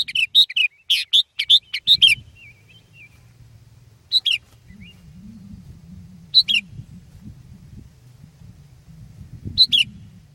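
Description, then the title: Sooty-headed bulbul singing several quick bubbly phrases, then a few short two- or three-note bursts spaced a couple of seconds apart over a steady low background rumble. "kutilang"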